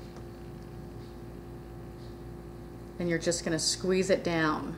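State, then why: Not seated. Pliers are positioned on an open plastic T-tap connector hooked over a wire, just before it is squeezed shut. A low steady hum fills the first three seconds, then someone talks from about 3.0 s to the end. Nothing has clicked yet.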